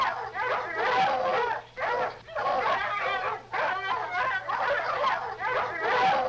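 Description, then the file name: Dogs barking together, many overlapping barks and yips in a nearly continuous noisy chorus with only brief dips. "Lots of Dogs Barking"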